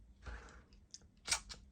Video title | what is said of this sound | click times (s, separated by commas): WORLDS FIRST LOOK INSIDE A MAKITA DTM 52 MULTITOOL!!, ITS BROKEN BUT CAN IT BE FIXED? | could hopefully hear it make a sound do you hear that little click | 0.9 s